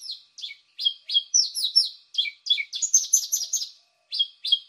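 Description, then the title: Javan bushlark song: high, varied chirps and short slurred notes in quick bursts, some downslurred, with brief pauses between phrases. "Branjang"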